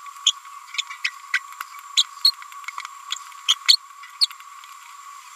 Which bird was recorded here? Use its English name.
Green-rumped Parrotlet